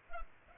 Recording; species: mosquito wingbeat signal from an infrared sensor; Culex pipiens